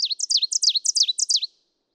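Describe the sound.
Ovenbird song: a fast series of repeated high, sharp two-part phrases, each dipping downward, over about a second and a half, then silence.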